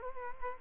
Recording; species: mosquito wingbeat signal from an infrared sensor; Culex quinquefasciatus